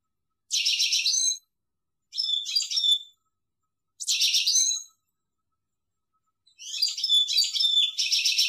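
European goldfinch song in short bursts: high tinkling, buzzy twitters about one second long, repeated with pauses, the last phrase running longer.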